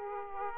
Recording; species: mosquito wingbeat signal from an infrared sensor; Aedes aegypti